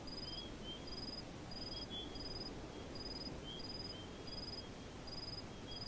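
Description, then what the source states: Crickets chirping in short high pulses repeated about every two-thirds of a second, with a second fainter chirping caller and a steady low background hiss. Crickets chirping in a desert.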